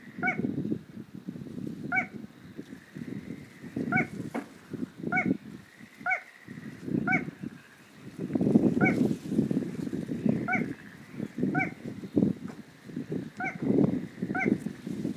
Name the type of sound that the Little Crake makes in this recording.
song